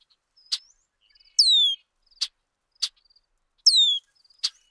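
Bird calls: two long downward-sliding whistles among four short sharp clicks, with faint soft chips between.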